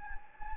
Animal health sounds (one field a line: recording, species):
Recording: mosquito wingbeat signal from an infrared sensor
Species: Anopheles gambiae